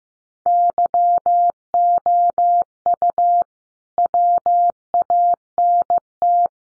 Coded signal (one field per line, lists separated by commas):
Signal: Morse code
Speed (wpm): 15 wpm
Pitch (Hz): 700 Hz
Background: none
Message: YOU WANT